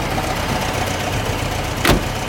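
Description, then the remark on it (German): An American military truck used to transport supplies to the front runs its engine with a steady low rumble throughout, and a brief louder whoosh bursts through near the end. “Und mit so einem Lastwagen ist der John eben mitgefahren.”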